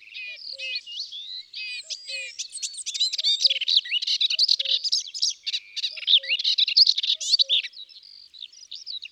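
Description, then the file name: Melodious warbler song: hurried, varied warbling of slurred whistles and scratchy chirps delivered almost without pause, with soft low double notes recurring in the background. Recorded in the countryside. "Hypolais polyglotte Chants doiseaux dans la campagne"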